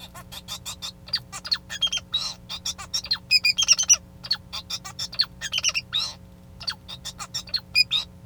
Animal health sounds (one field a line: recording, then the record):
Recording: song of a male Bengalese finch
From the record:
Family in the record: son of father 2